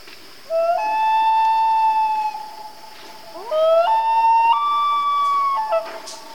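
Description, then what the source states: Common loon wails twice: each a long, sustained tone lasting about two seconds, the second stepping higher, separated by a short pause. Family group of loons, described as Canadian.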